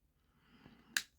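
A small plastic shoulder pad on a plastic Transformers action figure is pushed up into the shoulder joint during transformation, after an earlier try left it unclear whether it was in place. Faint handling rustle builds until a single sharp, bright click at 1.0 s. The pad is now seated in place.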